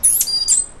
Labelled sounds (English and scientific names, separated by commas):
Stitchbird (Notiomystis cincta) song